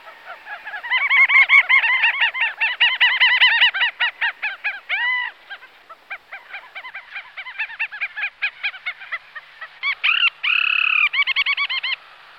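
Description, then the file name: Little auk chattering calls: harsh, nasal harmonic notes in rapid trilled bursts, then a longer drawn-out note near the end. "alkoun-malý"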